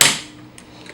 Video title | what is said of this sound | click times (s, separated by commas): Toy Review: Master Made Titan (Mobile City Mega Series) | that's it and it locks in place it hella locks in place okay | 0.0 s